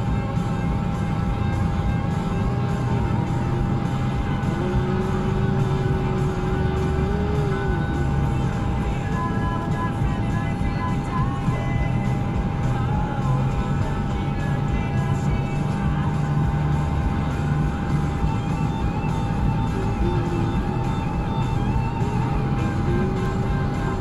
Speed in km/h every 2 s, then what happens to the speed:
69, 74, 76, 79, 79, 79, 81, 81, 81, 81, 79, 77.
0-11 speeds up to 81. 11-24 steady at about 81.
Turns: none.